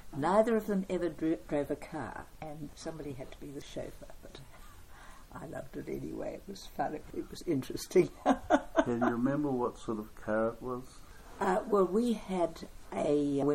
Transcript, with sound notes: Neither of them ever drove a car, and somebody had to be the chauffeur. But I loved it anyway, it was fun. It was interesting. [Chuckle] Can you remember what sort of car it was? Oh, well we had a…